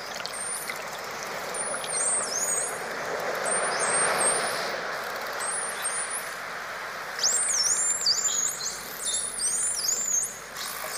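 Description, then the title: Dolphin whistles: scattered brief high chirping glides, becoming a busy overlapping series of rising and falling whistles in the last seconds, over steady hiss. Underwater dolphin sounds, dolphins communicating with each other. "Dolphin Sounds Deep Underwater"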